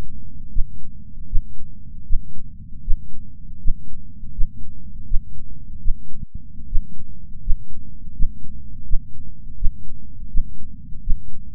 Heartbeat.